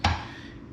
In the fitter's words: they look exactly the same and this thing is nice and solid you hear it snaps into place